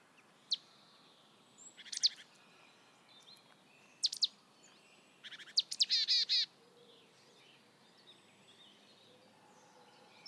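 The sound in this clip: Marsh tit calls: a few sharp high notes, then short clusters of rapid notes around six seconds, between pauses over faint background hiss.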